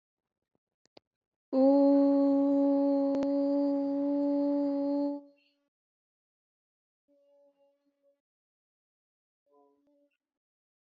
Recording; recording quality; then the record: sustained vowel as in boot; excellent, no background noise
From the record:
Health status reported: COVID-19 positive, no symptoms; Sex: female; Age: 23 years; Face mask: worn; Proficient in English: yes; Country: India